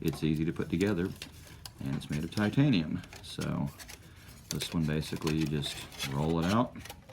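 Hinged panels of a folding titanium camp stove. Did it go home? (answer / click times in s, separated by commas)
no / none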